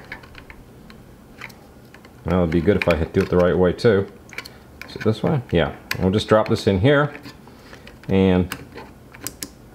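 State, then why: Seated. Someone talks while an SD card reader extension board is dropped into its 3D-printed plastic holder on a Longer LK5 Pro 3D printer as part of an SD card reader upgrade. Light ticks and handling taps are followed by two sharp clicks at 9.3 s and 9.4 s as the board is pushed in and locks into place, fully seated.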